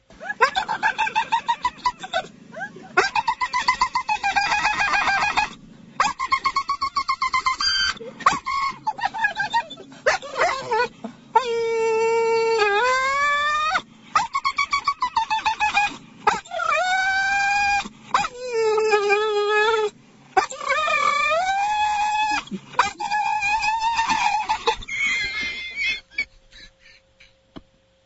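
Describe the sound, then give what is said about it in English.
A Great Dane, afraid of squirrels, whimpers and howls at them in a long series of high, wavering cries that rise and fall in pitch, broken by short pauses, loud and with no talking. “Well, that's unfortunate, because it would have been a great segue for the sound of this dog who's afraid of squirrels.”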